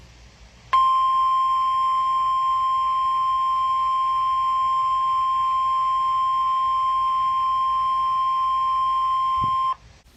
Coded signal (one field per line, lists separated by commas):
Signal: Emergency Alert System (SAME) tones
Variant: 1050 Hz attention tone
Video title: (Improved Footage) EAS Alerts #49 & 50 Double Header #2 (Tornado Warnings #5 & 6) 7/31/18